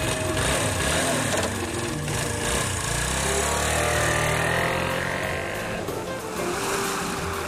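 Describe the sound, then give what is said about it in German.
Steady, loud rushing wash of ocean surf that fills the whole stretch without breaks, with a low, throbbing engine-like drone running underneath it. “Eine Spritztour ans Meer.”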